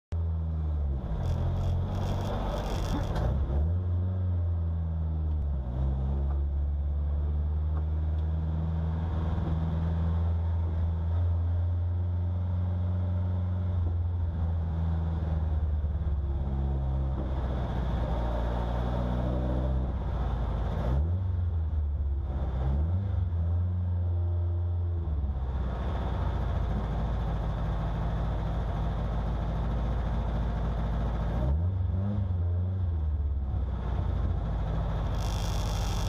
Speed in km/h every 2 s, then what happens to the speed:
0, 0, 0, 0, 0, 0, 0, 0, 0, 0, 0, 0, 0, 4, 1, 0, 0, 0.
0-36 standing.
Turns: none.